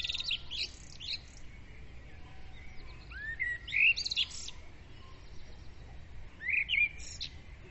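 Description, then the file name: Birds sing in bursts, with high chirps early on, a rising whistle near three and a half seconds and another phrase near six and a half seconds. Dawn bird chorus, recorded at dawn with a Zoom recorder. "Madarak hajnali dicsérete"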